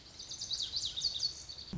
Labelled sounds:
Lazuli Bunting (Passerina amoena)
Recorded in Sonoma County, California

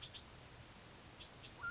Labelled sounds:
Mountain Quail (Oreortyx pictus)
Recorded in Sonoma County, California

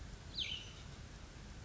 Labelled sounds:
Cassin's Vireo (Vireo cassinii)
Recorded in Sonoma County, California

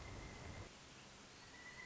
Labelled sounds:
Pileated Woodpecker (Dryocopus pileatus)
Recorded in Sonoma County, California

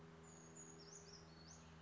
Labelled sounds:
Brown Creeper (Certhia americana)
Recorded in Sonoma County, California

